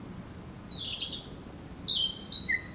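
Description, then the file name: Eurasian blackcap song fragment: high, thin whistled notes in quick succession, with a few louder fluty slurs toward the end. "Sylvia atricapilla"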